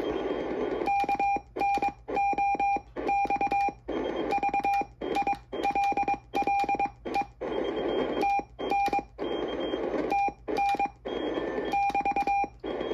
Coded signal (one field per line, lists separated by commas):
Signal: Morse code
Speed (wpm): 22 wpm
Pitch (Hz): 2400 Hz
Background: none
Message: KNOXVILLE TN TN <BT>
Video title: Old Friend QRP CW Transceiver Demo